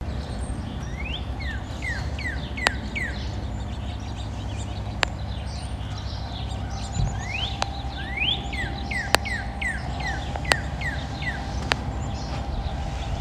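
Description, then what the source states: Northern cardinal song: clear down-slurred whistled notes given in quick repeated series, in several bursts, over steady low rumble with occasional sharp clicks. Two birds singing in Salem, Massachusetts, on March 3, 2023, at 10:55 a.m.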